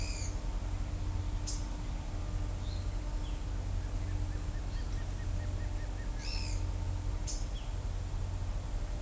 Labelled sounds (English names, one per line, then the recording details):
Black-crested Antshrike
Pale-eyed Pygmy Tyrant
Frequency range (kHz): Black-crested Antshrike 0.9-2.2 kHz; Pale-eyed Pygmy Tyrant 1.6-8.2 kHz
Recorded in shrubland near Pivijay, Magdalena, Colombia, on 1 June 2023 at 12:00
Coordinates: 10.453, -74.365
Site P5-G022